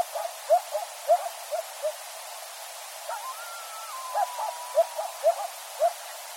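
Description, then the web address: Coyotes calling: a string of short, sharp yips, with a long wavering howl midway that drops in pitch. Several coyotes recorded at night on 14 January 2013. "sounds mammals Coyote 2013 01 14 Coyotes"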